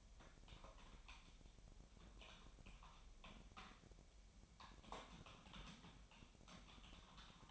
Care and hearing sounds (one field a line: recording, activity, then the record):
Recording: daily activity, microphone in the room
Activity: typing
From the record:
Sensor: 1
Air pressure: 1009.5 hPa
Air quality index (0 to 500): 195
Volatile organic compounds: 19 ppm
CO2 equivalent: 2668 ppm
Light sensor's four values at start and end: 30/77/32/38 and 30/76/32/38